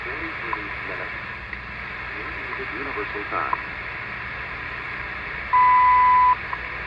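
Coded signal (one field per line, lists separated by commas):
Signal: radio time signal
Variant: WWV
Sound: shortwave hiss and faint murmur, then one clear 1 kHz beep lasting under a second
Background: radio static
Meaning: A 0.8 s 1000 Hz tone marks the start of a minute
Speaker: 15 megahertz um I'm on Bandy 15 megahertz WWV on the good old realistic dx100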